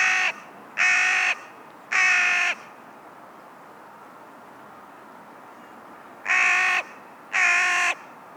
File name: Corvus corone - Carrion Crow